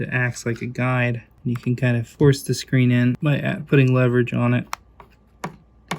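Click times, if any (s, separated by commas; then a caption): 5.4 s, 5.9 s. A pry tool wedged in as a guide levers the bottom edge of an iPod Touch display assembly into the music player's metal housing while someone talks. Sharp clicks follow at 5.4 s and 5.9 s as the bottom clips snap in, and the screen is seated.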